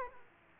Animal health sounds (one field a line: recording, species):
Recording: mosquito wingbeat signal from an infrared sensor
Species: Aedes aegypti